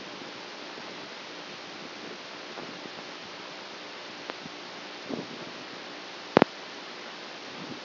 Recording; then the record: brain microelectrode recording played as sound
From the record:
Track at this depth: outside the subthalamic nucleus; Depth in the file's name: 6.001 mm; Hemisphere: right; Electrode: 2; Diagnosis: Parkinson's disease